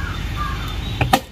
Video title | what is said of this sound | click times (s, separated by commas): Installing a 35 liter top box on the Royal Enfield Hunter 350 #royalenfield #hunter350 | so once you hear a click the stop box is in place | 1.1 s